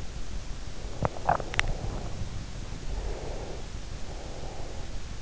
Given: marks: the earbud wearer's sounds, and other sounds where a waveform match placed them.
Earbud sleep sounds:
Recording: sounds in sleep by an in-ear microphone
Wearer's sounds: swallowing, breath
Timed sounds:
0.83-2.11 s: swallowing
2.87-5.05 s: breath

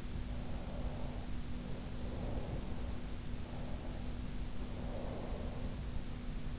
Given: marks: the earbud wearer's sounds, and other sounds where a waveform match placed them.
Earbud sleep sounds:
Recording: sounds in sleep by an in-ear microphone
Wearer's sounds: breath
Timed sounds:
0.37-2.82 s: breath
3.45-5.87 s: breath

